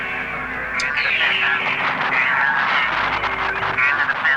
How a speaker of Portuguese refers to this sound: Este sinal não é usado pela Aliança. Pode ser o código do Império. Seja o que for, não está do nosso lado.